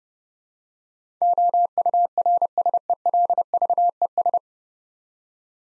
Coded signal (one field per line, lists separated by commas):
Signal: Morse code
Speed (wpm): 30 wpm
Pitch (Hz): 700 Hz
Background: none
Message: OURSELVES